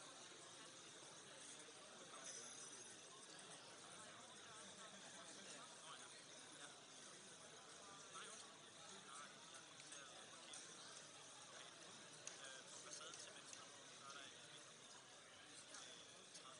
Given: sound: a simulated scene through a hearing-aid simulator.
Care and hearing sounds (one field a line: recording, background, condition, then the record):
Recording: conversation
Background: cafeteria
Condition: -6 dB SNR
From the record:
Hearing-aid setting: anchor resembling a broken hearing aid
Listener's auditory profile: D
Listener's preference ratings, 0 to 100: 2, 1, 2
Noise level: 65 dB SPL